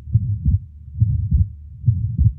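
Simulated heart sounds from a heart sound simulator with fixed splitting of the second heart sound (S2): the split stays the same in expiration and inspiration. This is an example of atrial septal defect (ASD), with a murmur also present.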